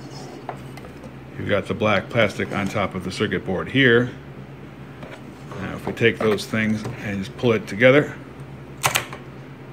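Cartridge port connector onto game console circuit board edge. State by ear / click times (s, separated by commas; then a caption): seated / 8.9 s. Someone talks while a cartridge port connector with black plastic on top is pulled together onto the edge contacts of an NES game console circuit board. A sharp click at 8.9 s marks the connector locking onto the board, seated the way a cartridge would.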